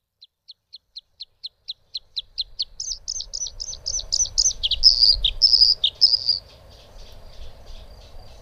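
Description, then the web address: Bluethroat song: a run of evenly spaced ticking notes that gives way to louder, varied twanging and buzzy phrases, then trails off over low rumbling background noise. "agykontroll Madardalok Cd 3. Kékbegy"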